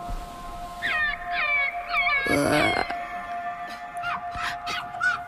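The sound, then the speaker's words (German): High, wavering whines and squeaky yelps from a tame fox under a blanket, repeated in short tonal bursts with a steady hum underneath, plus a louder, harsher cry in the middle. “Ein Fuchs. Wie er leibt und lebt. Warm und weich.”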